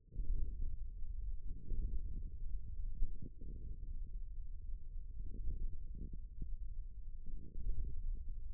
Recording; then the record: forearm muscle sounds (acoustic myography)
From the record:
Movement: hand opening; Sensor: system 1, eight BSWA MPA416 microphones around the upper forearm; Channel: 7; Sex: male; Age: 41 years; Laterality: right